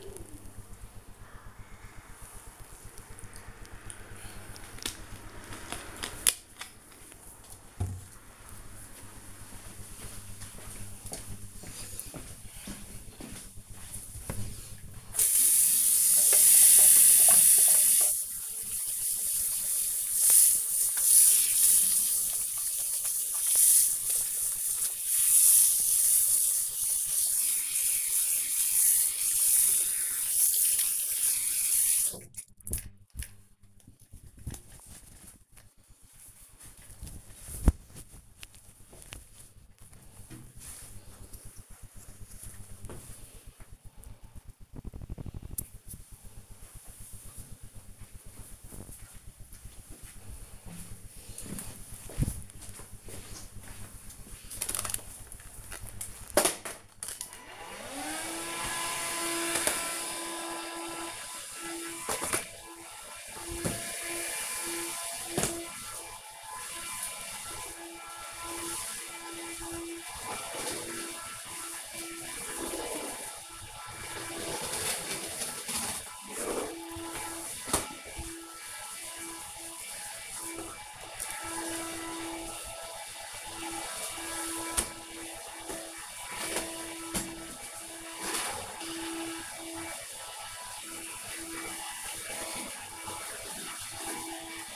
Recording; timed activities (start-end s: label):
household activities, microphone on the right wrist
0.00-3.19 s: drinking
15.25-33.35 s: washing hands
56.48-94.75 s: vacuum cleaning